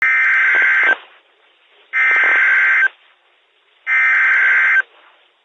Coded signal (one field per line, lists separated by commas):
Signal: Emergency Alert System (SAME) tones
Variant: header bursts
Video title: Tornado Warning (4/17/26) [EAS #377]